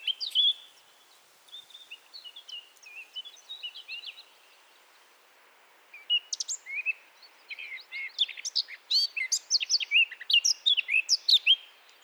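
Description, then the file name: Eurasian blackcap song in two bouts: a soft twittering warble, a short pause, then a louder, faster string of bright, varied notes. "Sylvia atricapilla"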